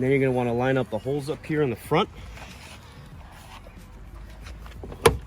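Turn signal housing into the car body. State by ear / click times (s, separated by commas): seated / 5.1 s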